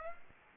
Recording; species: mosquito wingbeat signal from an infrared sensor; Aedes aegypti